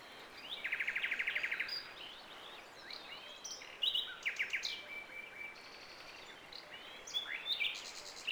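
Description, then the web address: Birds: a fast, even trill lasting about a second, followed by scattered chirps and short whistled notes against a soft, constant hiss. Without battle sounds. "michael WAR Files birds no battle"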